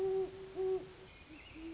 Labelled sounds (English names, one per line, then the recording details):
Great Horned Owl
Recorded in Sonoma County, California